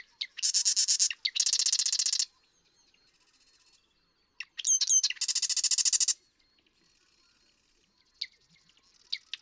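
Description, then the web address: Marsh Wren sings two rattling bursts back to back, then a pause, then a fresh song opening with squeaky notes before another rapid chattering trill. "birdsongforthecurious Marsh Wren"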